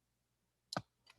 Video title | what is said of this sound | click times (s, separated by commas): Bench Doctor Office Hours: Smith Struggles | just hitting no it did pop out all right well we're gonna find out now too lovely | 0.7 s